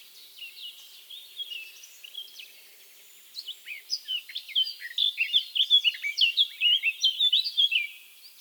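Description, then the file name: Eurasian blackcap song: a soft, hurried scratchy warble, a short lull, then a loud run of rich, evenly paced whistled notes. "Sylvia atricapilla"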